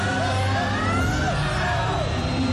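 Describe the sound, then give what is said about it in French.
A dense, roaring concert crowd cheers and screams without pause as the band gets into place, high-pitched shrieks and whoops rising and falling over a loud, continuous wall of voices. “Comme vous l'entendez, la foule est en délire.”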